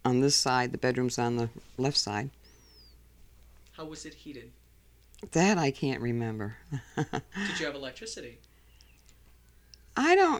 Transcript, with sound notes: on this side, the bedroom was on the left side.
How was it heated?
That I can't remember. ( she laughs )
Did you have electricity?
I